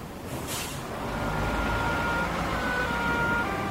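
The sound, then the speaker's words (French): A bus pulls away after a man carrying a pizza boards it: a short hiss of released air brakes, then a deep engine rumble that swells and holds steady, with a faint whining tone riding above it. “Il est monté avec sa pizza à la main et le bus a repris son chemin.”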